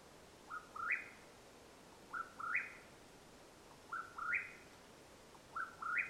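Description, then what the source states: Mexican whip-poor-will giving four whistled three-note phrases, each climbing to a sharp upslurred end, spaced roughly every one and a half seconds against faint hiss. Call at nightfall in Madera Canyon, Arizona, USA, 21 April 2022.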